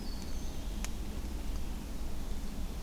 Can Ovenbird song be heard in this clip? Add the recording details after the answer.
no. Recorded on 24 June 2016 at 08:38. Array SBT-6-76